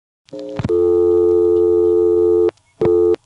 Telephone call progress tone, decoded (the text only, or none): dial tone